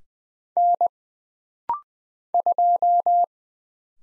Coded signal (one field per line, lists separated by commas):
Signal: Morse code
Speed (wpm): 20 wpm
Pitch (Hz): 700 Hz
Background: none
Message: N 2